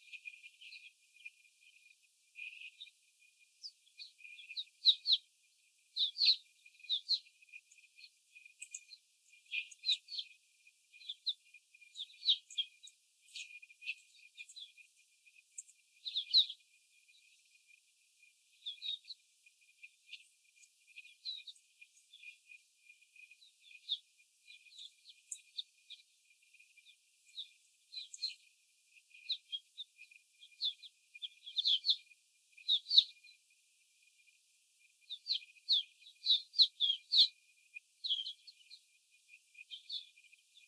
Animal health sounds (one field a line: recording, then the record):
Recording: young laying hens in a cage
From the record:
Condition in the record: before the stressor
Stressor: simulated dog barking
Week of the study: 4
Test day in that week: 3